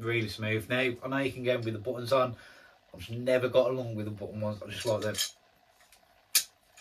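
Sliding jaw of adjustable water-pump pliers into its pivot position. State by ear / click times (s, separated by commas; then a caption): seated / 6.4 s. A man talks while the adjustable jaw of metal water-pump pliers is slid along the pivot, a sliding type rather than push-button pliers. After a short quiet, a sharp click is heard at 6.4 s as the jaw snaps and locks into a set position.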